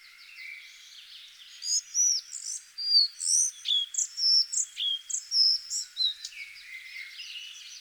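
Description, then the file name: Collared flycatcher singing a lively phrase of high, varied chirps and short whistled notes over nearly five seconds, with faint softer notes before and after. "Halsbandsflugsnappare"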